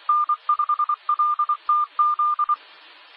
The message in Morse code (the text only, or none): N5LTZ